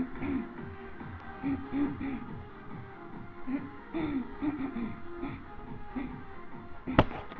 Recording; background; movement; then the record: throat clearing; music; walking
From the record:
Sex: female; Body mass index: 22.6 kg/m2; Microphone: on the chest, facing the body